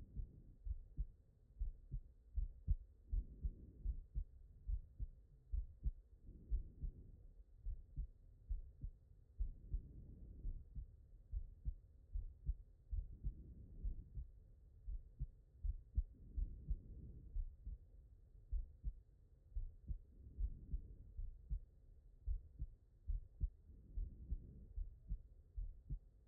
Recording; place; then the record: heart sounds by stethoscope; pulmonary valve (PV)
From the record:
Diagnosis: non-HFrEF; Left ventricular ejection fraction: 73%